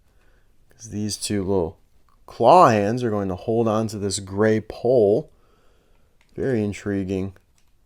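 Two small plastic claw-clip pieces are handled to be pressed onto a gray bar in a LEGO Disney Cars Lightning McQueen Piston Cup Speed Champions 20th Anniversary 2026 brick car build. Someone talks through most of the clip, with only faint handling noise between phrases. Nothing has seated or clicked yet.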